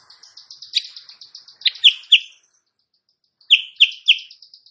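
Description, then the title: Sooty-headed bulbul delivering a thin, quick trill broken by louder, lower slurred notes, then a short silence and three more loud notes over the high trill. Morning singing in full vigorous form; used as a tutor song (masteran) for training songbirds, said to provoke rival birds into answering. "Masteran Kutilang Sutra. Kutilang Sutra GACOR pagi hari bikin lawannya AUTO NYAUT"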